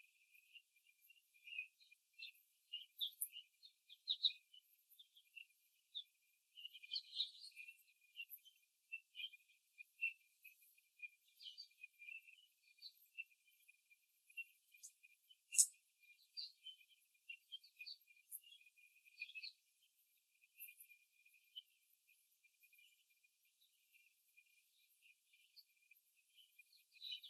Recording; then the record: young laying hens in a cage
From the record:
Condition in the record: before the stressor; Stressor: simulated dog barking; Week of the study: 3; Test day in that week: 2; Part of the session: 4